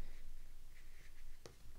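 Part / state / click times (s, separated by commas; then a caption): magnetic card wallet on the back of a smartphone / not seated / none. A cheap imitation magnetic leather card wallet is placed on the back of a smartphone, with faint rustling and a single brief, quiet tick at about 1.5 s. The wallet does not click or lock into place; it just keeps rotating around instead of locking into one position as the genuine one does.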